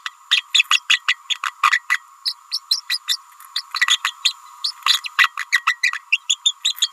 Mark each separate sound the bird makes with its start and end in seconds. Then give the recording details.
0.05-0.11, 0.31-0.46, 0.54-0.64, 0.70-0.80, 0.89-1.03, 1.07-1.19, 1.29-1.39, 1.43-1.52, 1.71-1.79, 1.89-2.03, 2.25-2.34, 2.51-2.60, 2.70-2.81, 2.89-2.99, 3.08-3.17, 3.55-3.62, 3.88-3.99, 4.04-4.15, 4.22-4.35, 4.64-4.72, 4.86-5.01, 5.04-5.09, 5.17-5.33, 5.37-5.46, 5.51-5.65, 5.66-5.80, 5.82-5.92, 6.12-6.20, 6.29-6.37, 6.45-6.54, 6.64-6.76, 6.82-6.91. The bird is a female. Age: 29 days. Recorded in a nest box in Venezuela. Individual 17B31A3